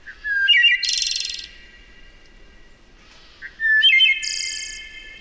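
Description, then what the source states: Wood Thrush song: two clear, flute-like phrases. Each opens with soft low notes, then a ringing held tone, and ends in a high, shimmering trill, about three seconds apart. Melodic, flute-like song.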